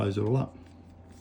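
The plastic key fob shell of a 2025 LDV Maxus D90 / MG Gloster, just fitted with a new CR2032 coin cell, is being handled so one shell half can be pressed back onto the other. Someone talks briefly for about the first half-second, then only a low, steady background hum remains. The clip ends before the halves go home; nothing has snapped or seated yet.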